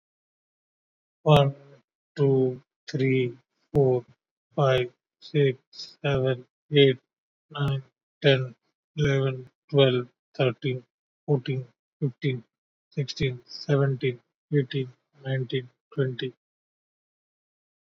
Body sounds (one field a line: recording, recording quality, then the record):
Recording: counting at a normal pace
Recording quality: excellent, no background noise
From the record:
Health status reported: COVID-19 positive, moderate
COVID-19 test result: positive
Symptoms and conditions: cough, breathing difficulty, fever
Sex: male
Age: 42 years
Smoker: not ticked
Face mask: not worn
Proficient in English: yes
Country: India